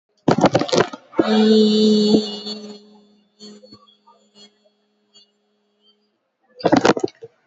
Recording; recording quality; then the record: sustained vowel as in beet; moderate, slight background noise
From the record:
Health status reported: COVID-19 positive, mild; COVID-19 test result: positive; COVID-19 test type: RT-PCR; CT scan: taken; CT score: 0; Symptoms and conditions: cough, cold, muscle pain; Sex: female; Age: 30 years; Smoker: no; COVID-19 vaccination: both doses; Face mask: not worn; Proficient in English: yes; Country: India